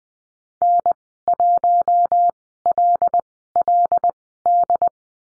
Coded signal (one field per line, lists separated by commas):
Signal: Morse code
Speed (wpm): 20 wpm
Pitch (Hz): 700 Hz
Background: none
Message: N1LLD